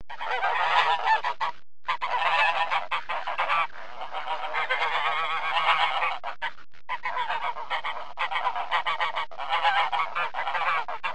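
Snow Goose: snow geese calling in a dense chorus, many overlapping nasal honks and yelps running almost continuously, with several brief silent breaks.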